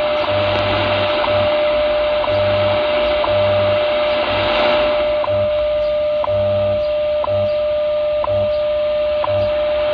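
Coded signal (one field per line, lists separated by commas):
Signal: radio time signal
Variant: WWV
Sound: steady mid tone with a short tick every second over hiss, low pulsing hum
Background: radio static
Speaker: so anyways uh wwv 15 megahertz this is with the h501x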